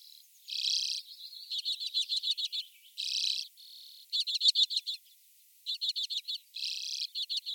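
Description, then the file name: Common redpoll delivering an almost continuous song of rapid rattling chatter trills broken by several wheezy buzzes. "Golosa ptic - CHechetka"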